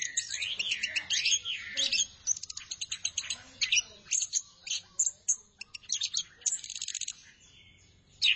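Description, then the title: Thrush giving a fast medley of high whistles, trills and crisp chips in quick bursts, ending on a sudden loud note. "burung anis x"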